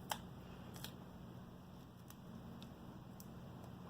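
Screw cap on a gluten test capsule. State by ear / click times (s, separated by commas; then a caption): seated / 0.1 s. The screw cap of a plastic Nima gluten test capsule, packed with a food sample, is twisted closed until its green stripe disappears and snaps home with a sharp click at 0.1 s. Fainter ticks follow around 0.8, 2.1, 2.6 and 3.2 s over a steady low hum. The cap is seated.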